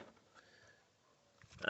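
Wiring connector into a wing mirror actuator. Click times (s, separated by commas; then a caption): 1.7 s. A one-way plastic wiring connector is pushed onto the new wing mirror actuator during a 2013 Nissan Note wing mirror glass actuator replacement. Faint handling rustle and a small tick at 1.4 s are followed by a sharp click at 1.7 s as the connector seats.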